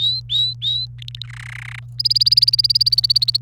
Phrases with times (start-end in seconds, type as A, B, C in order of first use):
0.00-0.85 A, 0.99-1.26 B, 1.30-1.79 C, 2.00-3.37 D